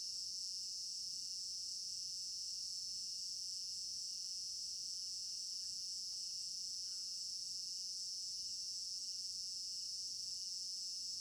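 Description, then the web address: Continuous cricket chorus, high and finely pulsed, steady throughout, with a couple of faint brief sounds in the quieter middle range. Crickets in an African village garden at night, stereo binaural recording. "African-Village Garden Night Crickets 03 Stereo-Binaural. immersive sound library"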